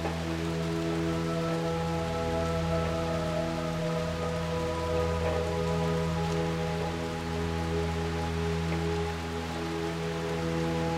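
Steady rain patters over sustained ambient music, its low drones and layered tones holding level throughout with a soft shimmer above.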